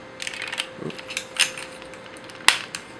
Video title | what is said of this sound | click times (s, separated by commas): Toy Review: Bandai Soul of Chogokin SOC GoldyMarg | there we go make sure it locks into place | 2.5 s